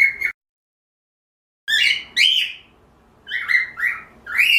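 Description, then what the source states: Cockatiel giving a brief call, a long gap, then several scratchy squawks and chirps in two close groups. Pearl cockatiel.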